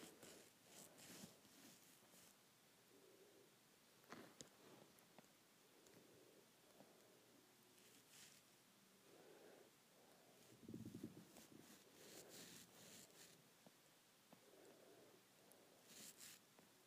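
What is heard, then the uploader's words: Hair being played with makes a dry rustling and scratching that comes and goes in uneven bursts, some sharp and crackly, others soft and muffled. A brief heavier rub stands out around eleven seconds, and quiet handling sounds continue between the strokes. Playing with my Hair.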